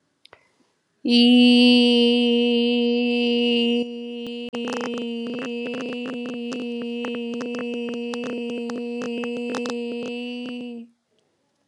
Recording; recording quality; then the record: sustained vowel as in beet; moderate, slight background noise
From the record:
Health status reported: COVID-19 positive, mild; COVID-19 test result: positive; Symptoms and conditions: cold, fever, fatigue, hypertension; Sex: female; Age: 54 years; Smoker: no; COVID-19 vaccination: both doses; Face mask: not worn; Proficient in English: yes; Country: India